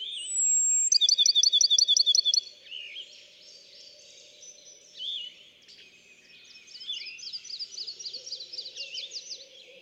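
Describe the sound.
Bachman's sparrow song: a clear steady whistle followed by a quick, musical trill, then softer chirps and chatter.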